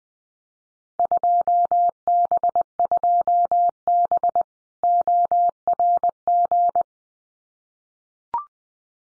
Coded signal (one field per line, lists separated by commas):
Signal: Morse code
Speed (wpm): 20 wpm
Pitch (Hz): 700 Hz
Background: none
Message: 2B2B ORG